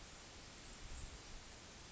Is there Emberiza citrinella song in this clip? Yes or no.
no